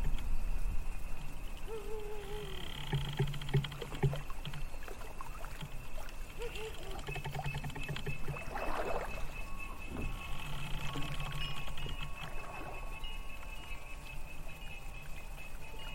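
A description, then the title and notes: Water laps steadily, with soft splashes and knocks around eight and ten seconds, a constant high whine, and low intermittent hums throughout. Lapping water.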